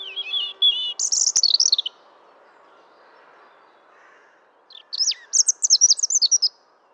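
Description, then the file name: European robin giving two fast, high, warbling phrases of jumbled notes with a long pause between, and a brief sharp click in the first phrase. "Erithacus rubecula"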